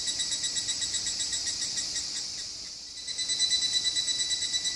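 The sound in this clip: Cicada buzzing call, a steady high shrill drone with a rhythmic pulse, dipping briefly in the middle before swelling again.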